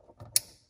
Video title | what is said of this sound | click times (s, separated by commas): Dieses Gerät lässt meinen RS3 driften! | you can hear the click | 0.4 s